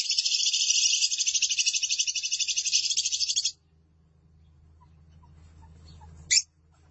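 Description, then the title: Lovebird chattering in a dense, buzzy high trill for about three and a half seconds, then a low steady hum and one sharp click. "BM Suara Burung Lovebird"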